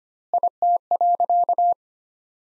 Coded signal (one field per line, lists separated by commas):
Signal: Morse code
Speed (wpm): 25 wpm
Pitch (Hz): 700 Hz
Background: none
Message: IT.